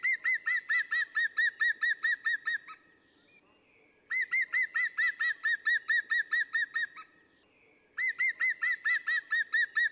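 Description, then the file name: European green woodpecker repeating its laughing call three times, each a rapid string of about a dozen ringing notes separated by short silences, the last cut off at the end. "Grünspecht"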